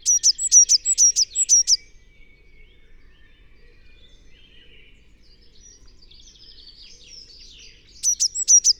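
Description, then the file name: Eurasian blue tit giving rapid bursts of high, thin chirps, a fast series at the start, a quiet gap with faint twittering, then another burst at the end. "Cyanistes caeruleus"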